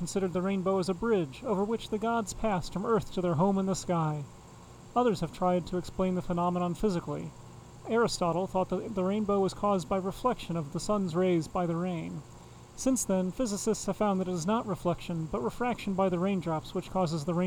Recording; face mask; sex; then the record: reading aloud; none; male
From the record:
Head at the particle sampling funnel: facing it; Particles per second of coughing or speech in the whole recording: 0.821